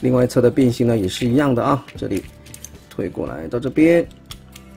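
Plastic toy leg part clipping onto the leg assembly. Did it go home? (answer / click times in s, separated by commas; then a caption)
no / none. Someone talks while pushing a plastic leg part over on the other leg of a Transformers Legacy United Animated Universe Motormaster toy to clip it onto the leg assembly. A couple of faint handling ticks come near the end. Nothing has seated or clicked yet.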